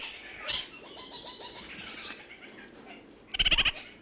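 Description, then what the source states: Red-crowned parakeet chattering softly with nasal notes, ending in a sudden loud rapid stuttering burst of calls. New Zealand.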